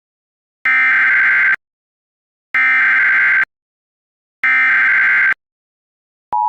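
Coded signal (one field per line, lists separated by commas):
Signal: Emergency Alert System (SAME) tones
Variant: header bursts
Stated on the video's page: Fictional EAS scenario, simulated alert.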